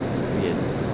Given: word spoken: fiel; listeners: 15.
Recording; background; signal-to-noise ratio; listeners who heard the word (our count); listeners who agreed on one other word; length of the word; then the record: one Spanish word in noise, from a listening test; speech-shaped noise; -6.5 dB; 0 of 15; 6 of 15; 0.55 s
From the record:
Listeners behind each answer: 6, 4, 1, 1, 1, 1, 1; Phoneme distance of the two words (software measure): 20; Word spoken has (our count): 1 syllable, 4 phonemes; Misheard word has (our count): 1 syllable, 4 phonemes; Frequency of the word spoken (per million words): 26.54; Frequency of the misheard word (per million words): 858.40